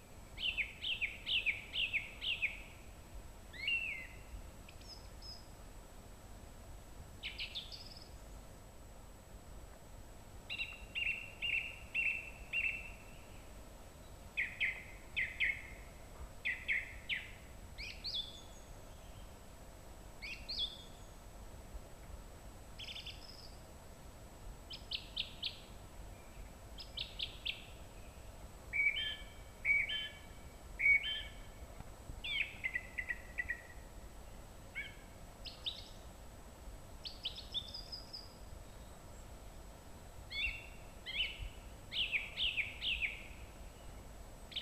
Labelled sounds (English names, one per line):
Song Thrush song